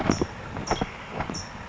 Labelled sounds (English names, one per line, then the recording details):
California Towhee
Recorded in Sonoma County, California